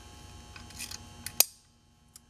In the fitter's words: snaps into place just by hand and